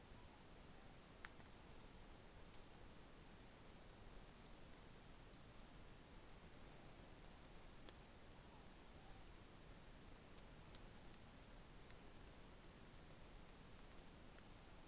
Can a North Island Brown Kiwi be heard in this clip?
no